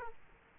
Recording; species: mosquito wingbeat signal from an infrared sensor; Aedes aegypti